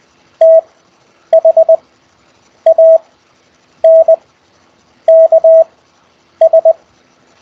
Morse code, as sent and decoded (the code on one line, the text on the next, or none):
- .... .- -. -.- ...
THANKS